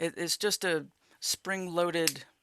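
A spring-loaded guitar strap lock, which needs no extra hardware, is being handled to snap onto a guitar's strap button. Someone talks throughout, with short pauses between phrases. Nothing has seated or clicked yet by the end of the clip.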